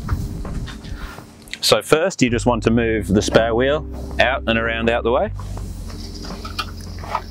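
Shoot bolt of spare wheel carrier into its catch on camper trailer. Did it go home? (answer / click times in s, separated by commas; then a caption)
yes / 7.1 s. On a 2022 Rhinomax Scorpion 10ft Micro Hybrid camper trailer, someone talks while the swing-away spare wheel carrier is moved back into position. Faint knocks and rattles come from the carrier as it swings. The metal shoot bolt snaps into its catch with a sharp click at 7.2 s, locking the carrier into place.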